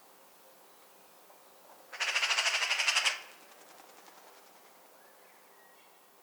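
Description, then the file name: Eurasian magpie chattering: one dry, rapid, machine-gun-like rattle of about a dozen harsh pulses lasting roughly a second, then fainter pulses trailing off into quiet background hiss. "Pica pica"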